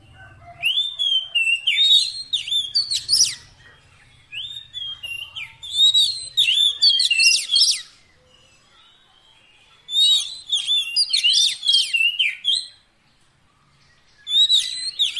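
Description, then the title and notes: Oriental magpie-robin singing repeated bursts of varied whistles and sharp chirps, with a faint low hum in the first seconds. Long-duration fill-in song track meant to make the magpie-robin sing actively day and night. "Kacer Jadi Gacor Siang Malam. Isian Kacer Durasi Panjang"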